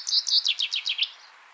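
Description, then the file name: Common chaffinch song fragment, about seven bright, high, downward-sliding notes given in quick even succession, then silence. "Fringilla coelebs"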